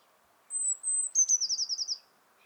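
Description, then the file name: Eurasian blue tit delivering high, drawn-out whistles that break into a fast, slightly falling trill, against a soft constant low hum. "Cyanistes caeruleus"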